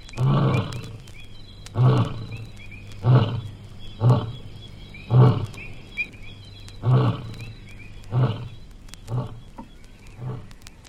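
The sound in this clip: Animal grunts: short, deep, gruff pulses repeated roughly once a second, with faint higher chirping in the background.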